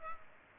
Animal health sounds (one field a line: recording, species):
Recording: mosquito wingbeat signal from an infrared sensor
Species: Culex pipiens